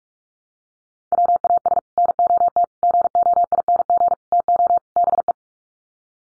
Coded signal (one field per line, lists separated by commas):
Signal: Morse code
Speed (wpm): 44 wpm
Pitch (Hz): 700 Hz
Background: none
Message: WAS NOT GOING TO BE